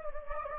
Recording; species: mosquito wingbeat signal from an infrared sensor; Anopheles gambiae